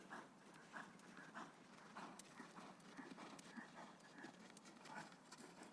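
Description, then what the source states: Horse hooves drumming in a quick, uneven galloping rhythm, fairly soft and steady throughout, over a light background hiss. Horses galloping outdoors on sand.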